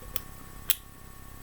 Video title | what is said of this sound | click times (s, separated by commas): Browning Hi-Power | lift up on the slide release then it put you hear a click and it'll push back out | 0.2 s, 0.7 s